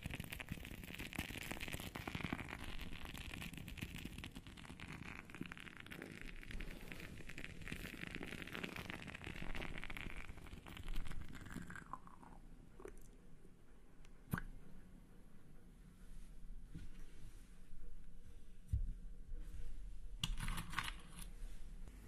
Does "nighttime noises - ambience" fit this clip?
no